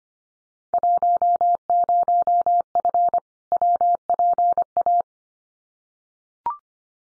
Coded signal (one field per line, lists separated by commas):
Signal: Morse code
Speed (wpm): 25 wpm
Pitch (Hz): 700 Hz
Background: none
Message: 10F WPA